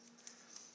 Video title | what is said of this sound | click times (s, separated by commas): iBattz Mojo Armor removable battery case for the iPhone 4/4S | You want to make sure it's seated real well, and then work yourself down, and you will hear it snap into place. | 0.3 s, 0.6 s